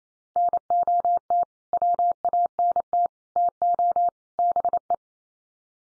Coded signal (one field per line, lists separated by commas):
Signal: Morse code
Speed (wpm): 28 wpm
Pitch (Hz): 700 Hz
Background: none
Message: NOT WANT TO BE